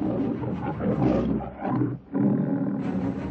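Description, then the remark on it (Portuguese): A tiger, Shere Khan of the Jungle Book story, roars loudly with a deep, rumbling growl that swells and wavers, breaks off briefly, then surges again in a second harsh burst. “Mowgli descansava quando escutou um rugido impressionante.”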